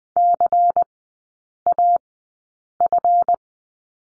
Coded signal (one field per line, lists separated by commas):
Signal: Morse code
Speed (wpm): 20 wpm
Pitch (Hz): 700 Hz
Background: none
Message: CAF